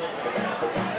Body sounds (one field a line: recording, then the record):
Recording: coughing mixed with background sound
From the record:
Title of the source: Cough Around the Clock!